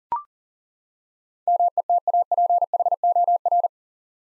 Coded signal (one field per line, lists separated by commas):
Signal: Morse code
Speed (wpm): 38 wpm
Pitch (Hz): 700 Hz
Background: none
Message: METAPHOR